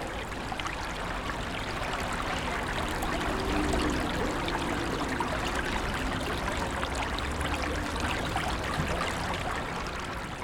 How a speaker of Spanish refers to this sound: Es el mar Mediterráneo.